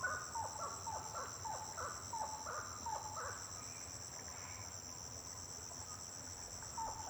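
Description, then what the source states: Birds calling at night, a run of short harmonic notes repeated several times a second, fading later, over a steady high insect drone. Birds singing at night, intense song.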